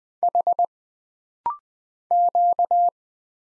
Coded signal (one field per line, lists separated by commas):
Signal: Morse code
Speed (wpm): 20 wpm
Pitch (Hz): 700 Hz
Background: none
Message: H Q